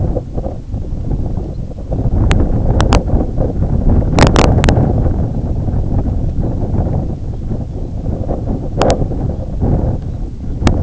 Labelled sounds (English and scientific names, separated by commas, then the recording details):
Red Phalarope (Phalaropus fulicarius), unidentified sound
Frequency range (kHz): Red Phalarope (Phalaropus fulicarius) 2.6-4.5 kHz
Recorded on Arctic tundra, site IGLO-A, on 18 June 2018
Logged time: 11:59